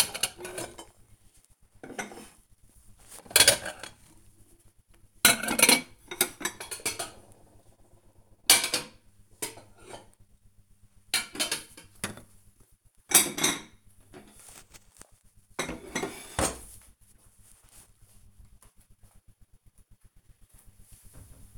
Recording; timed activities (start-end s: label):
household activities, microphone on the right wrist
0.00-17.94 s: putting away the dishes